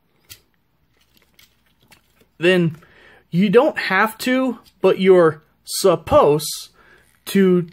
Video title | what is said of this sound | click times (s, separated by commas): Earthrise Astrotrain | then we're actually gonna bring these down all the way this time and they will lock into place then | 0.3 s